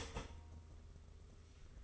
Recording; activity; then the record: daily activity, microphone in the room; start toaster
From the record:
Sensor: 4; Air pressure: 991.4 hPa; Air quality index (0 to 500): 137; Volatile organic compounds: 55 ppm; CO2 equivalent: 3357 ppm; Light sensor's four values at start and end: 17/55/21/20 and 19/57/22/22